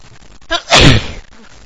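A short, sharp in-breath is followed at once by a single loud, explosive burst of air that fades within about half a second. It is one ordinary sneeze from an adult woman, with no further sneezes in this brief stretch.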